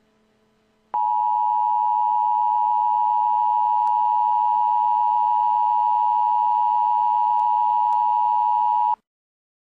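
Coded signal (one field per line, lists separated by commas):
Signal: Emergency Alert System (SAME) tones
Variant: 853 and 960 Hz attention tone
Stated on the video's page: Recreated EAS/EBS alert in a film-themed mock, not a real broadcast.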